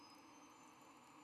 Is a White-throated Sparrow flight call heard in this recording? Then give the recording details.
no. No flight call is heard. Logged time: 06:35 on 12 November 2014